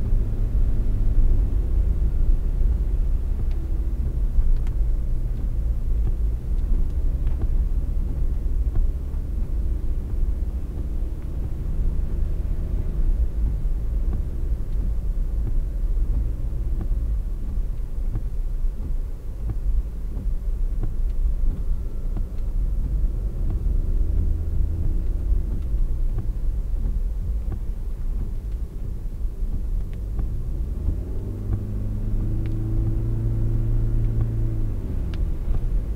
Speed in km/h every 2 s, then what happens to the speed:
63, 61, 58, 54, 51, 52, 55, 54, 53, 49, 45, 41, 37, 36, 37, 35, 35, 30.
0-8 slows to 51. 8-16 steady at about 53. 16-25 slows to 36. 25-36 steady at about 35.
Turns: none.